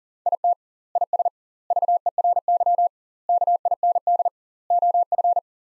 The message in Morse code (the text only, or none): IT IS VERY KIND OF